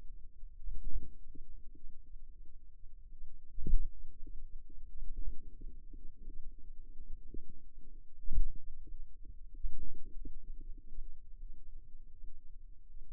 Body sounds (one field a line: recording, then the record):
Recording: forearm muscle sounds (acoustic myography)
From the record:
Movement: pen grasping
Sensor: system 2, bracelet of six BSWA MPA416 microphones around the upper forearm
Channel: 2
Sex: female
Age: 23 years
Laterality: right